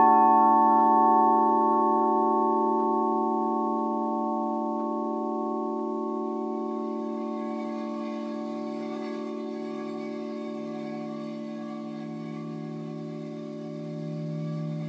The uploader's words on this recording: Crystal Bowls Blessings. They were all raw recording out of smartphone, no post editing. Those recordings were collected between Mt Shasta and Sedona events.